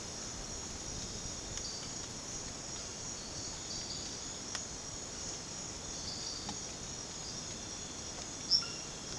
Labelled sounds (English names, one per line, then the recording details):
none
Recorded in dense forest near Puerto Asís, Putumayo, Colombia, on 12 March 2025 at 03:00
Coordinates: 0.486, -76.317
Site G053